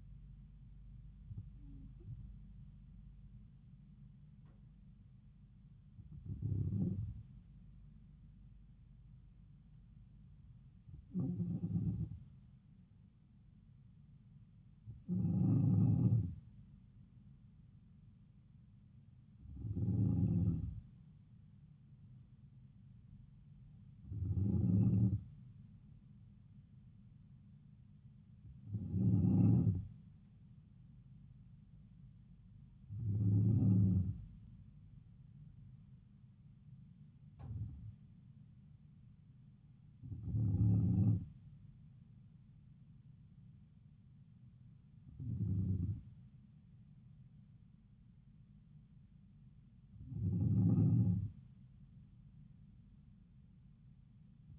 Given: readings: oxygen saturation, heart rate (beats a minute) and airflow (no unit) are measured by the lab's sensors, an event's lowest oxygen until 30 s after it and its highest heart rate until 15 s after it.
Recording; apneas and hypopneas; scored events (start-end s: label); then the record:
breathing in sleep by a smartphone at the bedside; none
none scored
From the record:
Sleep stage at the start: N2 (light sleep); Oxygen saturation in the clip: 93 to 94%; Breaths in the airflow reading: 12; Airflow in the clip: -3.6 to 3.7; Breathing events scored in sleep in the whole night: 270 in 6.1 hours asleep